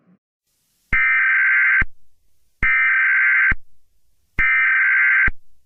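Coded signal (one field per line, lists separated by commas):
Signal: Emergency Alert System (SAME) tones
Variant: header bursts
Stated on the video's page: Fictional EAS scenario.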